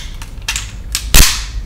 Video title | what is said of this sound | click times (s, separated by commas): DX Go-buster Oh french review | ça va se passer, ça va se clipser sur le côté. | 0.9 s, 1.1 s